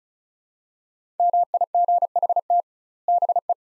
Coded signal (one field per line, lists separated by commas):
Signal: Morse code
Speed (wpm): 36 wpm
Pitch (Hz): 700 Hz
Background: none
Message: MIGHT BE